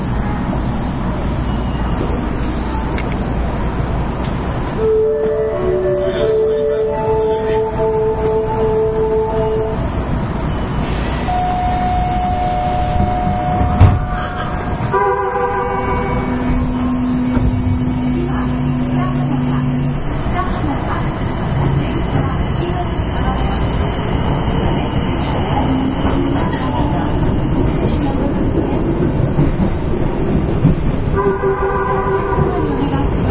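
Kita-Osaka Kyuko 9000 series train on the Midosuji subway line, a steady loud rumble throughout. Sustained electric motor tones rise and shift in pitch around 5–10 seconds and again near 15–20 seconds, returning briefly near 31 seconds, with a short clunk around 14 seconds.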